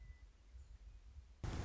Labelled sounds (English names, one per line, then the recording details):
Western Meadowlark
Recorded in Sonoma County, California